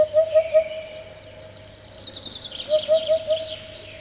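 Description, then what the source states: Eurasian hoopoe song, soft low hooting notes in a quick series of three or four, repeated after a pause, with faint higher bird chatter between. Muffled voice; rarely heard near Moscow but very common a little further south.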